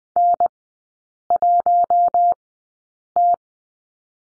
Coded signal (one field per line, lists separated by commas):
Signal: Morse code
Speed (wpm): 20 wpm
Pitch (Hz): 700 Hz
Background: none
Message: N1T